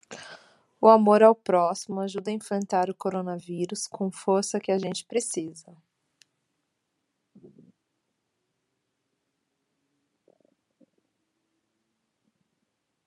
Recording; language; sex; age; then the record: spoken sentence; Brazilian Portuguese; female; 40 to 49 years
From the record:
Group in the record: control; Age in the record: 45 years